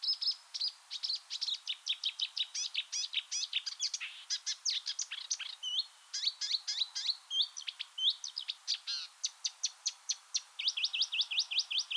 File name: suara kicauan burung marsh warbler. omkicau